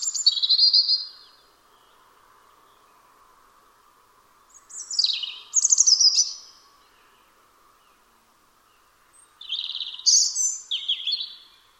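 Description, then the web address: European robin song in three bursts of sweet, high warbles and trills with pauses between, over a faint low hum in the background. "Deverinetal 2025 File origin Bird Only Er Ru"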